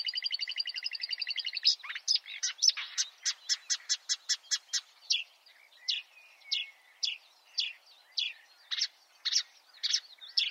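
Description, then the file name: Marsh warbler song, beginning with a rapid trilled rattle, followed by a steady series of sharp chirps and whistled notes. "suara-kicauan-burung-marsh-warbler -omkicau"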